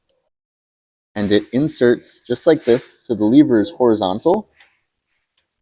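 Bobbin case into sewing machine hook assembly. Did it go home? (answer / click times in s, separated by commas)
yes / 5.4 s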